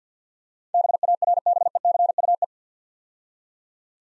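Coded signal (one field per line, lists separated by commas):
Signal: Morse code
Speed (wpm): 50 wpm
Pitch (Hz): 700 Hz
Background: none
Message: BARBECUE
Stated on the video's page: Morse speed drill of easy words at 50 wpm with contextual hints.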